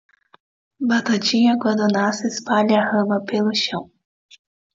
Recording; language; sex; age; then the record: short text; Brazilian Portuguese; female; 30 to 39 years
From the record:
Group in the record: control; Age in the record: 35 years